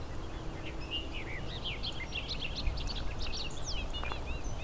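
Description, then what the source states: Bobolink song, a quick burst of tinkling, twangy notes that tumble and skip, with low wind noise beneath. Male singing while flying; several bobolinks present in the area; song likened to a skipping CD.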